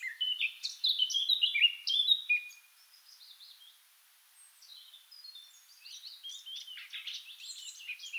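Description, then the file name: Eurasian blackcap song, a fast warbled phrase of mixed notes, a short lull, then quieter chatter that rises again. "Sylvia atricapilla"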